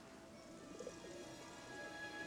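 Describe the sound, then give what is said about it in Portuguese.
Pigeons in a park coo softly in low, throaty murmurs that roll on and overlap against a steady background hum, with no one speaking. “Os pombos vão voltar pra cá sozinhos?”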